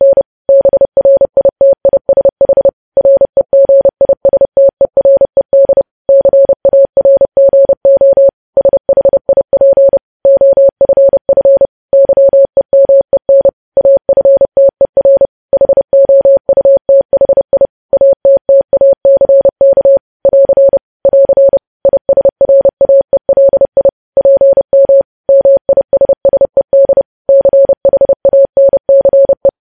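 Morse code beeps in a single steady mid-pitched tone, rapid dots and dashes keyed in quick groups with short pauses, continuing throughout.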